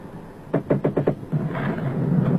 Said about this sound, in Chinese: 不碍事，幸亏你敲门了。